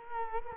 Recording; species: mosquito wingbeat signal from an infrared sensor; Culex quinquefasciatus